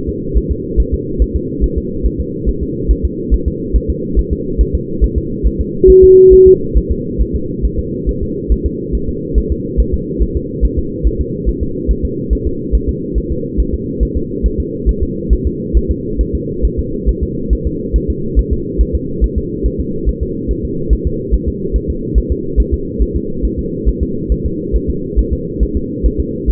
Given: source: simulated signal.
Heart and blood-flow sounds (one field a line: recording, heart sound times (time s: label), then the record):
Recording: fetal heart sounds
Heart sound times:
0.09 s: S2
0.38 s: S1
0.51 s: S2
0.80 s: S1
0.94 s: S2
1.22 s: S1
1.36 s: S2
1.64 s: S1
1.78 s: S2
2.06 s: S1
2.20 s: S2
2.49 s: S1
2.63 s: S2
2.91 s: S1
3.05 s: S2
3.34 s: S1
3.48 s: S2
3.76 s: S1
3.90 s: S2
4.19 s: S1
4.33 s: S2
4.61 s: S1
4.75 s: S2
5.04 s: S1
5.18 s: S2
5.47 s: S1
5.61 s: S2
5.90 s: S1
6.04 s: S2
6.33 s: S1
6.47 s: S2
6.77 s: S1
6.91 s: S2
7.21 s: S1
7.35 s: S2
7.65 s: S1
7.79 s: S2
8.09 s: S1
8.23 s: S2
8.52 s: S1
8.66 s: S2
8.95 s: S1
9.09 s: S2
9.38 s: S1
9.52 s: S2
9.80 s: S1
9.94 s: S2
10.22 s: S1
10.37 s: S2
10.65 s: S1
10.79 s: S2
11.07 s: S1
11.21 s: S2
11.49 s: S1
11.63 s: S2
11.91 s: S1
12.05 s: S2
12.33 s: S1
12.47 s: S2
12.75 s: S1
12.89 s: S2
13.18 s: S1
13.32 s: S2
13.60 s: S1
13.74 s: S2
14.03 s: S1
14.17 s: S2
14.46 s: S1
14.60 s: S2
14.89 s: S1
15.03 s: S2
15.33 s: S1
15.47 s: S2
15.77 s: S1
15.91 s: S2
16.21 s: S1
16.35 s: S2
16.65 s: S1
16.79 s: S2
17.09 s: S1
17.23 s: S2
17.53 s: S1
17.67 s: S2
17.96 s: S1
18.10 s: S2
18.39 s: S1
18.53 s: S2
18.81 s: S1
18.95 s: S2
19.24 s: S1
19.38 s: S2
19.66 s: S1
19.80 s: S2
20.09 s: S1
20.23 s: S2
20.51 s: S1
20.65 s: S2
20.93 s: S1
21.07 s: S2
21.34 s: S1
21.48 s: S2
21.76 s: S1
21.90 s: S2
22.18 s: S1
22.32 s: S2
22.60 s: S1
22.74 s: S2
23.02 s: S1
23.16 s: S2
23.45 s: S1
23.59 s: S2
23.89 s: S1
24.03 s: S2
24.32 s: S1
24.46 s: S2
24.76 s: S1
24.90 s: S2
25.19 s: S1
25.33 s: S2
25.63 s: S1
25.77 s: S2
26.06 s: S1
26.20 s: S2
26.50 s: S1
From the record:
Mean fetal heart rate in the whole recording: 140 bpm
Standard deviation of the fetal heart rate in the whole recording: 2 bpm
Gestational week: 34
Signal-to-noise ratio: -6.6 dB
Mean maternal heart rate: 72 bpm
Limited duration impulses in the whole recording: present